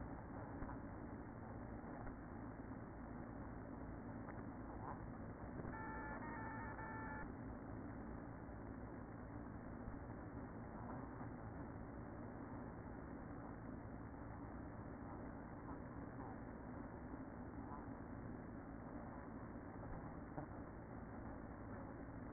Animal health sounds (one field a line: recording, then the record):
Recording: honeybee colony, microphone inside the hive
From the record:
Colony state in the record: queen present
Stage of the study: after two queens were removed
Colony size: about 60,000 bees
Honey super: yes